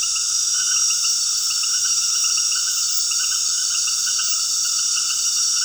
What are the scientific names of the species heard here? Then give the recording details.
none. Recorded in dense forest near Puerto Asís, Putumayo, Colombia, on 20 February 2024 at 19:00. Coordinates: 0.481, -76.318. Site G6421